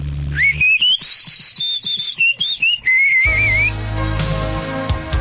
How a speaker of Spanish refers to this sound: Radio Marketing del 98 y medio introduce al mercado lo que usted había estado esperando toda su vida: el nuevo llavero chiflador.